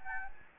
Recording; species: mosquito wingbeat signal from an infrared sensor; Anopheles gambiae